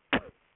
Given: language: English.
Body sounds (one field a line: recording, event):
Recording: throat vibration sensor signal played as sound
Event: cough